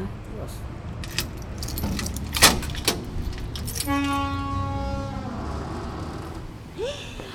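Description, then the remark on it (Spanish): Keys jangle in a few quick, bright metallic bursts over a low rumble of traffic, followed by a steady, sustained tonal honk lasting about a second and a half. “¿Tenés las llaves? Sí.”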